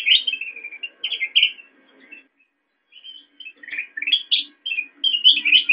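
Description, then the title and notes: Sooty-headed bulbul chattering in quick, jumbled bursts of bright notes, a short pause in the middle, then a livelier tumbling run. Recording made for training songbirds (masteran). "suara burung kutilang buat masteran"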